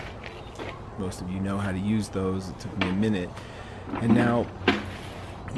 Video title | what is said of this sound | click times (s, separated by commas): Briggs & Stratton Gas Pressure Washer 3100 PSI 2 5 GPM, Good Professional washer lacks a little inno | and you want to push forward to make sure that nozzle's insecure you'll hear it snap | 0.3 s